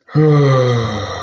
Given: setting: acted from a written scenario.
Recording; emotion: vocal sound without words; ecstasy